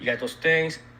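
Someone talks while handling the metal tape loading lock handle on a vintage video tape recorder after the tape has been threaded around its drum. The handle has not locked yet, and nothing has seated or clicked in this clip.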